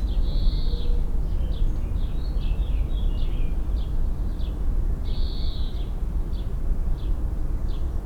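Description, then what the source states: Common blackbird gives short, high chirps and slurred notes in loose bursts, partly masked by heavy, constant low-pitched traffic noise. Recorded on Rue Henri Jomain, Niévroz.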